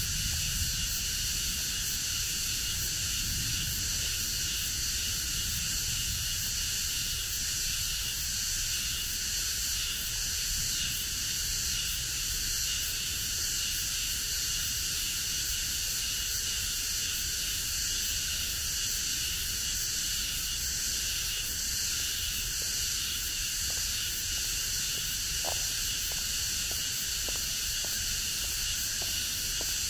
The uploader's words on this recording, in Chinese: 坐落在南京紫金山独龙阜玩珠峰下，东毗中山陵，南临梅花山。南京明孝陵的雨后蝉鸣。